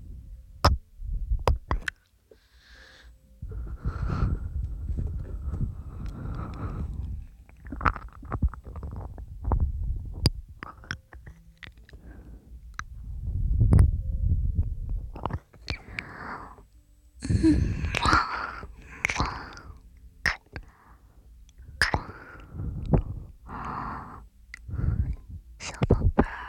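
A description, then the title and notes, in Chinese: Hollow-cavity ASMR massage: muffled low rubbing and thumping in bursts, with sharp clicks and brighter squishy taps scattered throughout, quiet gaps between. 空腔asmr按摩。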